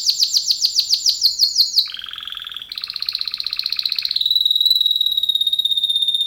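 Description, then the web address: Canary song opening with a rapid series of quick falling chirps, then low and high buzzing rolls, closing on a long steady whistle. Male canary. "kenar businka canto kenar"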